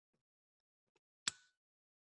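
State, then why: Seated. A camera's quick-release plate slides onto the tripod head from the back until it passes the first click and locks on. After faint small noises near 0.1 s and 1.0 s, one sharp click at 1.3 s rings briefly with a metallic tail. The plate is seated and locked onto the tripod head.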